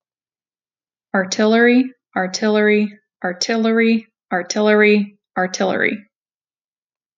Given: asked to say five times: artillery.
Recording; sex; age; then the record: repeated word; female; 20 to 29 years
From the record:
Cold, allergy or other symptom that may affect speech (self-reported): no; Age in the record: 25 years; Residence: Ohio, United States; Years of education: 16